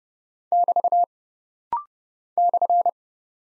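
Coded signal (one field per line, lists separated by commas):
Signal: Morse code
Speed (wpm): 29 wpm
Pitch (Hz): 700 Hz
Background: none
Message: <BT> /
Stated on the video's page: Rapid-fire 30 wpm practice drill of punctuation and prosign characters for head-copy, each sent, spoken, then sent again.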